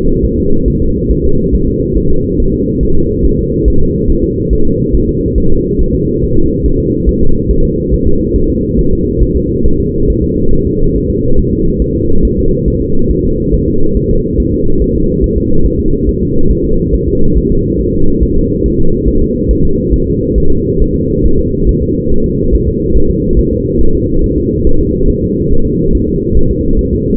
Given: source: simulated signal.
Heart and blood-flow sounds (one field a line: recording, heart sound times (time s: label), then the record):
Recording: fetal heart sounds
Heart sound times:
0.25 s: S1
0.39 s: S2
0.68 s: S1
0.82 s: S2
1.11 s: S1
1.25 s: S2
1.55 s: S1
1.69 s: S2
1.97 s: S1
2.11 s: S2
2.40 s: S1
2.54 s: S2
2.83 s: S1
2.97 s: S2
3.25 s: S1
3.39 s: S2
3.68 s: S1
3.82 s: S2
4.10 s: S1
4.24 s: S2
4.53 s: S1
4.67 s: S2
4.95 s: S1
5.09 s: S2
5.38 s: S1
5.52 s: S2
5.81 s: S1
5.95 s: S2
6.23 s: S1
6.38 s: S2
6.66 s: S1
6.80 s: S2
7.09 s: S1
7.23 s: S2
7.51 s: S1
7.65 s: S2
7.94 s: S1
8.08 s: S2
8.36 s: S1
8.50 s: S2
8.79 s: S1
8.93 s: S2
9.23 s: S1
9.36 s: S2
9.66 s: S1
9.80 s: S2
10.10 s: S1
10.24 s: S2
10.53 s: S1
10.67 s: S2
10.96 s: S1
11.10 s: S2
11.39 s: S1
11.53 s: S2
11.82 s: S1
11.96 s: S2
12.25 s: S1
12.39 s: S2
12.68 s: S1
12.82 s: S2
13.11 s: S1
13.25 s: S2
13.54 s: S1
13.68 s: S2
13.97 s: S1
14.11 s: S2
14.40 s: S1
14.54 s: S2
14.82 s: S1
14.96 s: S2
15.24 s: S1
15.38 s: S2
15.66 s: S1
15.80 s: S2
16.09 s: S1
16.23 s: S2
16.52 s: S1
16.65 s: S2
16.94 s: S1
17.08 s: S2
17.38 s: S1
17.52 s: S2
17.81 s: S1
17.95 s: S2
18.23 s: S1
18.37 s: S2
18.66 s: S1
18.80 s: S2
19.08 s: S1
19.22 s: S2
19.51 s: S1
19.65 s: S2
19.94 s: S1
20.08 s: S2
20.38 s: S1
20.52 s: S2
20.82 s: S1
20.96 s: S2
21.26 s: S1
21.40 s: S2
21.69 s: S1
21.83 s: S2
22.12 s: S1
22.26 s: S2
22.55 s: S1
22.68 s: S2
22.97 s: S1
23.11 s: S2
23.39 s: S1
23.53 s: S2
23.81 s: S1
23.95 s: S2
24.24 s: S1
24.38 s: S2
24.67 s: S1
24.81 s: S2
25.10 s: S1
25.24 s: S2
25.53 s: S1
25.67 s: S2
25.95 s: S1
26.09 s: S2
26.37 s: S1
26.51 s: S2
26.79 s: S1
26.93 s: S2
From the record:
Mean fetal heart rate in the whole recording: 140 bpm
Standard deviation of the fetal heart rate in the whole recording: 2 bpm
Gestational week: 34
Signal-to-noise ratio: -19.1 dB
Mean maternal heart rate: 72 bpm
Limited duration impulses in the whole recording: present